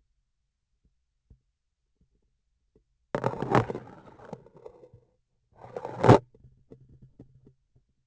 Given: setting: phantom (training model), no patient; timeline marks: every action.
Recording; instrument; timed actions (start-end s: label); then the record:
laparoscopic instrument, vibration sensor on the handle end; grasping forceps
3.10-5.10 s: insertion through the trocar
5.48-6.27 s: removal through the trocar
From the record:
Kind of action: spatial motion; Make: other than Olympus